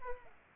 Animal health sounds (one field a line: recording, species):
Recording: mosquito wingbeat signal from an infrared sensor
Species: Culex pipiens